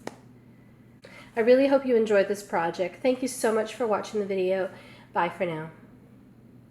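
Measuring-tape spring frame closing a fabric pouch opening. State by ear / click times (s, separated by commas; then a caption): seated / 0.1 s. A fabric pouch with a measuring-tape steel frame sewn into its opening snaps shut after being pulled open by its two fabric tabs, giving a sharp snap at 0.1 s as the opening springs closed. Someone then talks.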